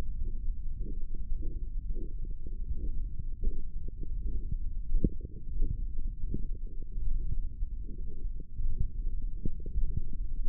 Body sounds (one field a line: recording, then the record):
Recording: forearm muscle sounds (acoustic myography)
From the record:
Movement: finger pinch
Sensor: system 1, eight BSWA MPA416 microphones around the upper forearm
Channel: 5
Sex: female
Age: 22 years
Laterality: right